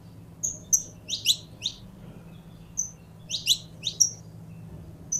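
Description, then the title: Belgian canary with short high whistles and grouped sharp chirps, separated by brief pauses, over a faint steady hum. Pure Belgian canary breed. "Canto Do Canário Belga Puro"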